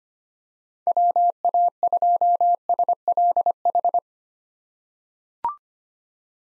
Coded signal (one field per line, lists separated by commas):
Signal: Morse code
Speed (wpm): 25 wpm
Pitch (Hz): 700 Hz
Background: none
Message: WA2SLH